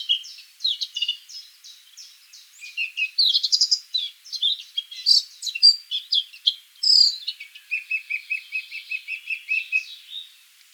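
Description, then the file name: Eurasian blackcap singing a rapid, varied chattering warble with sharp high notes, ending in a steady series of lower repeated notes. "Sylvia atricapilla"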